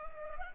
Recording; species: mosquito wingbeat signal from an infrared sensor; Culex pipiens